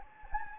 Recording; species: mosquito wingbeat signal from an infrared sensor; Anopheles gambiae